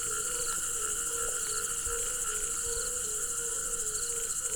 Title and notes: Ústí, Czechia - žáby a cvrčci Hajnice. žáby a cvrčci u hodní tůně na potoce Hajnice